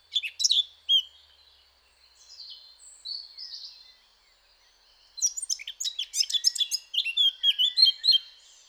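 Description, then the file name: Eurasian blackcap singing: a few sharp notes, then a quiet scratchy warble with a pause, ending in a fast, bright, varied run of chirps and whistles. "Sylvia atricapilla"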